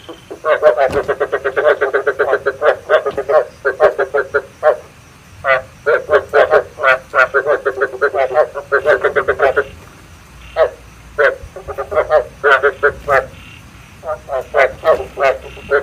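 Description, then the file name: Loud, rattling frog croaks pour out in dense series, then break into shorter separated bursts toward the end. Male frogs calling, used to stimulate frogs to pair for breeding. "tieng ech duc keu kich thich ech ghep cap sinh san"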